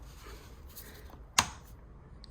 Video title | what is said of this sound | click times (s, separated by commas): VW Golf 1.4 tsi petrol auto 2016 oil and filter change, coolant antifreeze check #vw #vwgolf | close this off close it until it clicks | 1.4 s